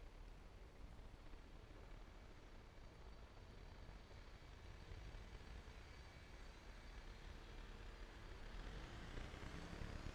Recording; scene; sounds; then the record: everyday scene through a hearing-aid microphone; in traffic; traffic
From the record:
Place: main road on the outskirts, rush hour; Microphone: behind the ear, right, front